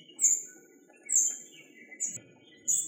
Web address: Muscicapa striata